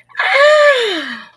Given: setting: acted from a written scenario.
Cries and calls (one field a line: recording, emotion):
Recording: vocal sound without words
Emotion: elation